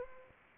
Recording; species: mosquito wingbeat signal from an infrared sensor; Anopheles arabiensis